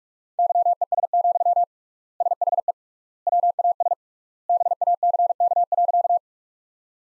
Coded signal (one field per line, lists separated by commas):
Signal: Morse code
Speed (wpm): 47 wpm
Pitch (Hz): 700 Hz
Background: none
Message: YES, SHE WAS BACK.